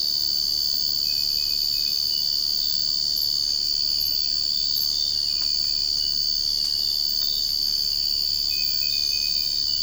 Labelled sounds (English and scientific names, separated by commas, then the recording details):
none
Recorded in secondary vegetation near Puerto Asís, Putumayo, Colombia, on 13 March 2025 at 04:00
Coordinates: 0.502, -76.326
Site G100